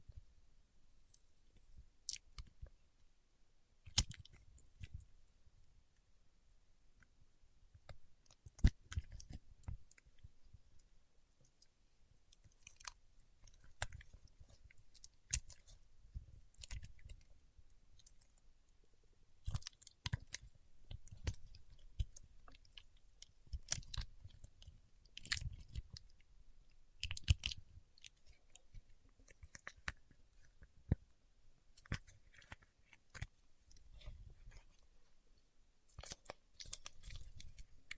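Paraffin wax being peeled, tapped and scratched: an irregular run of small crackles, sharp taps and crunchy snaps with short quiet gaps between. Louder snaps stand out near 4, 9, 15, 20 and 27 seconds, each with a soft low thud.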